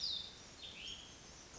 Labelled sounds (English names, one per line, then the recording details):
Pacific Wren
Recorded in Sonoma County, California